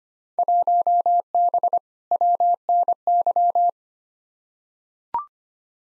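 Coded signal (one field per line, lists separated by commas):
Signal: Morse code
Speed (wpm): 25 wpm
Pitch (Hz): 700 Hz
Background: none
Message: 1B WNY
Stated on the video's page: Morse code practice of Field Day exchanges at 25 wpm for head-copy, each sent, spoken, then sent again; exchanges weighted roughly by 2019 participation.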